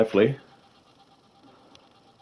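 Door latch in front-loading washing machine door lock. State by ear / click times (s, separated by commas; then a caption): not seated / none. Someone talks briefly while handling the door latch in the front-loading door lock of an LG WD12021 washing machine, after the latch grub screw has been adjusted to fix a dE door lock error. A low steady hum follows. Nothing has seated or clicked yet.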